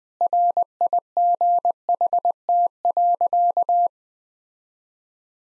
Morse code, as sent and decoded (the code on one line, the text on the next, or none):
.-. .. --. .... - .-.-.-
RIGHT.